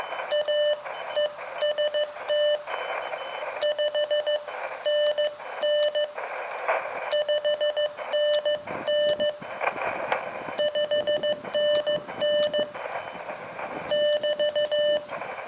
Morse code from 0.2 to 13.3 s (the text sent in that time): AEST 5NN 5NN 5NN